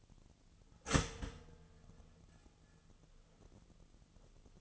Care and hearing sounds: daily activity, microphone in the room; start toaster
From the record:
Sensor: 4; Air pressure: 1010.1 hPa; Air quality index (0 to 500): 182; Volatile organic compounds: 6 ppm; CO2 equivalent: 1836 ppm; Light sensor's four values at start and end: 23/68/27/27 and 23/68/27/27

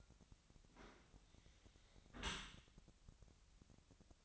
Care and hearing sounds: daily activity, microphone in the room; close dishwasher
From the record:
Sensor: 3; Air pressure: 1003.1 hPa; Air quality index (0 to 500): 196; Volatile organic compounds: 6 ppm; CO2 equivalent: 1911 ppm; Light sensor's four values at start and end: 19/46/19/20 and 19/46/19/21

